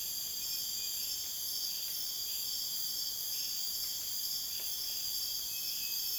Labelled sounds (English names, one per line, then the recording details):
none
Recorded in dense forest near Puerto Asís, Putumayo, Colombia, on 22 June 2025 at 01:30
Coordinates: 0.484, -76.325
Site H65